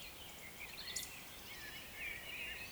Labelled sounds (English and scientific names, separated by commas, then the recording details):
Eurasian Woodcock (Scolopax rusticola)
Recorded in Baden-Württemberg, Germany, on 27 June 2020 at 02:40 UTC
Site 43791, 788 m above sea level